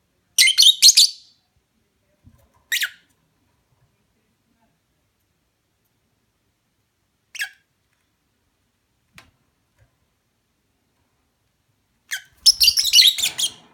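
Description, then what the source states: Lovebird chirping: a shrill burst of chirps, then sparse single high notes and faint clicks, ending in a denser run of harsh chirps. Mating call.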